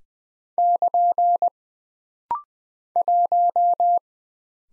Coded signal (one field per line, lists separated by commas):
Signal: Morse code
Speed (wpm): 20 wpm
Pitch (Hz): 700 Hz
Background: none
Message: <KN> 1